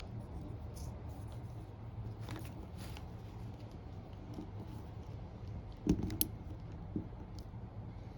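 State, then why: Seated. A blue wire pin terminal is pushed into its cavity in a plastic connector housing, next to the ground wire, while wiring the third brake light (CHMSL) and automatic lock and unlock functions of a Leer truck topper. Faint handling ticks come at about 2.3, 5.9 and 6.1 seconds over a steady low background hum. A sharp, bright click at 6.2 seconds marks the terminal seating in the connector.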